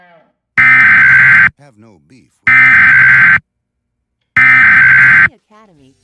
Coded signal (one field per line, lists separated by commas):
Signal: Emergency Alert System (SAME) tones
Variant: header bursts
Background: speech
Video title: EAS Mock #2: Fresno's Telephone Outage